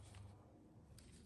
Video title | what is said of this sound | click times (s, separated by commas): Honda Key Replacement. Renew Key Fob. Easy, Fast, Cheap. Pilot, Civic, Accord, Odyssey | There we go, snap nice and tight together. | 0.1 s, 1.0 s